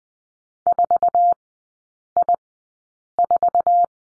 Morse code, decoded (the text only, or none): 4I4